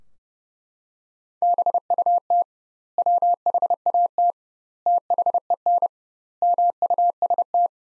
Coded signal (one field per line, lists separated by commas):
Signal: Morse code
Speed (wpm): 30 wpm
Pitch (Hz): 700 Hz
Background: none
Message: BUT WHAT THEN MUST